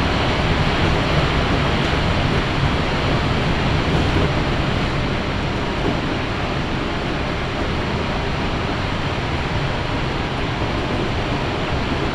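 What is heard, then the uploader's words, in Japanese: A local train on the Chuo West Line runs from Nakatsugawa toward Junikane, its ride a steady, dense rushing roar with a heavy low rumble. The level stays even for the whole twelve seconds, with no distinct clicks, announcements or other events standing out. 中央西線 普通 中津川→十二兼。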